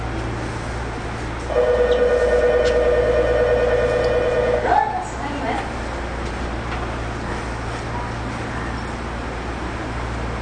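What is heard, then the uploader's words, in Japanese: A Tobu 30000 series train running between Shibuya and Azamino, with a steady low rumble and hum throughout. From about 1.5 to 4.7 seconds a steady mid-pitched whine sounds, then slides upward and fades, leaving the even running noise. 東武30000系 渋谷〜あざみ野。車体20m両開き4ドア。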